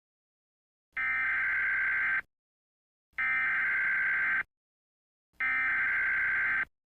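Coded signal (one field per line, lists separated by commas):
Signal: Emergency Alert System (SAME) tones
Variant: header bursts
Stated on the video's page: A simulated nuclear attack EAS scenario, a fictional long-form mock.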